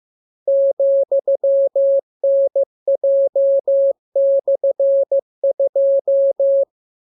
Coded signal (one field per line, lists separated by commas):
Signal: Morse code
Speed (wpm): 15 wpm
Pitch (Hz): 550 Hz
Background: none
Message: ,NJ/2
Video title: Learning Morse Code. Lesson 28. Letter KMURESNAPTLWI.JZ=FOY,VG5/Q92H